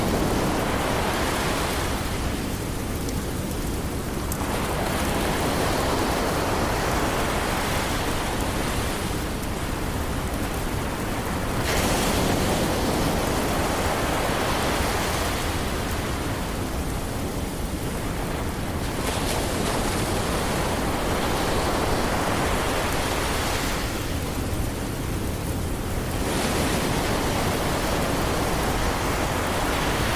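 Ocean waves wash in a steady, dense roar, with the hiss swelling and easing roughly every seven seconds beneath a constant rain-like patter.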